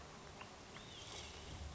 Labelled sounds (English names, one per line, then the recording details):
Olive-sided Flycatcher
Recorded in Sonoma County, California